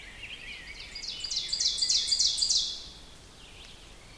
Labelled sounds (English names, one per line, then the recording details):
Ovenbird song
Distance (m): 30 m
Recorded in boreal forest in Alberta, Canada, on 5 June 2016 at 07:05
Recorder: SongMeter 3, array SBT-3-51
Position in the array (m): 194 m, 9 m
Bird 27